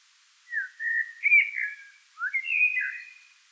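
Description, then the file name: Eurasian blackbird song with two relaxed phrases of liquid, fluting whistles, softly slurred up and down. "Turdus merula"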